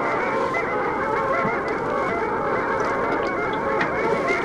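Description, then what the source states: Long-tailed Duck flock chorus: many nasal, wavering calls layered into a steady babble with no pauses. Flocks of long-tailed ducks out in the open sea of the Gulf of Finland, around late April before they continue migrating; the species calls its own name.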